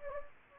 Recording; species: mosquito wingbeat signal from an infrared sensor; Anopheles gambiae